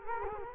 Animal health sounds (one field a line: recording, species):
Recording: mosquito wingbeat signal from an infrared sensor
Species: Culex quinquefasciatus